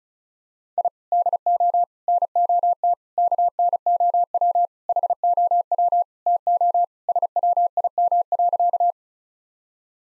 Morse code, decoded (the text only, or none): I DO NOT KNOW HOW TO SWIM.